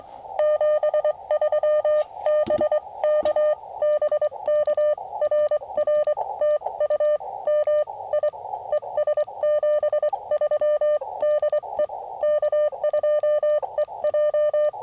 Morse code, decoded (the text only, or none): 73 BK BK RR TU MI ES 73 DE K2EJ